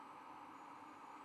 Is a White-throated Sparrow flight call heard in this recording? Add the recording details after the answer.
no. No flight call is heard. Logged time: 00:44 on 24 November 2014